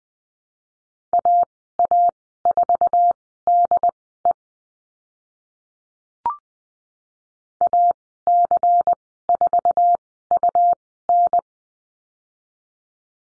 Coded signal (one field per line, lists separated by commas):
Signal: Morse code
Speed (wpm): 20 wpm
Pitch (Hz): 700 Hz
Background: none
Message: AA4DE AC4UN